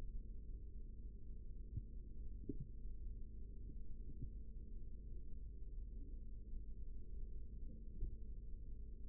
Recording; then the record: forearm muscle sounds (acoustic myography)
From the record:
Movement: rest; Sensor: system 3, bracelet of six PUI Audio POM-2738L microphones around the upper forearm, with dedicated amplification and filtering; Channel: 5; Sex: male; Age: 43 years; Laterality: right